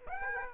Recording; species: mosquito wingbeat signal from an infrared sensor; Aedes aegypti